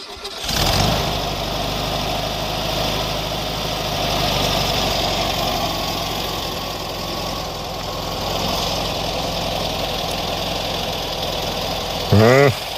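A Volkswagen Beetle engine cranks to life with a loud burst, then settles into a steady, rough, throaty idle that runs on evenly for over ten seconds, with a short tonal blip at the end.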